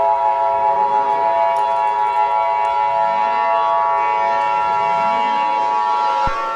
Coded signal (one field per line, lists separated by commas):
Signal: Emergency Alert System (SAME) tones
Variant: 853 and 960 Hz attention tone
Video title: a second EAS SNEAK PEEK VIDEO